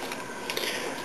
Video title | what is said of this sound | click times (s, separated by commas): Autobot Ratchet Review | and it clicks right in | 0.5 s, 0.6 s